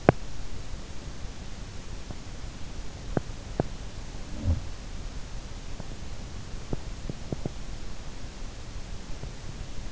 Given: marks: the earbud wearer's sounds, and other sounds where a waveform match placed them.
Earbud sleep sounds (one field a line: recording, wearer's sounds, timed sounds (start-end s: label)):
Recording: sounds in sleep by an in-ear microphone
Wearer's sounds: teeth grinding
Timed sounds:
0.00-0.39 s: teeth grinding
3.02-4.03 s: teeth grinding
6.53-7.69 s: teeth grinding